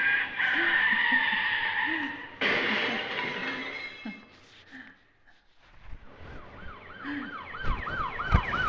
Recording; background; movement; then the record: laughter; traffic; sitting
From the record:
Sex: female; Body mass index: 25.5 kg/m2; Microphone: on the chest, facing the body